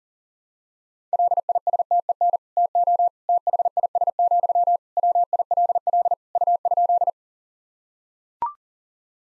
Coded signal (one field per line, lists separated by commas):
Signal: Morse code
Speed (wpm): 40 wpm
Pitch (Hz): 700 Hz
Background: none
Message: LISTEN TO THIS, WILL U?